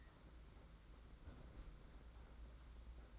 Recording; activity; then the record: daily activity, microphone in the room; close fridge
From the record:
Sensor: 3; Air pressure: 991.8 hPa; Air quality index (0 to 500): 215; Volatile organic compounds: 1000 ppm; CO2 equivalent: 7359 ppm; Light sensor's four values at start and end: 32/95/38/32 and 32/95/38/32